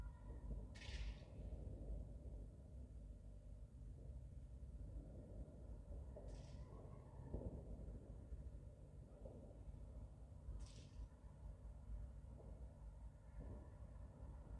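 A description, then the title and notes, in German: New Year's Eve fireworks: a steady, dense low rumble runs throughout, broken by occasional dull thuds. Three short, bright hissing bursts stand out, near the start, around six seconds and around eleven seconds, with fainter crackles and pops scattered between. Silvesternacht: Feuerwerk und Freude.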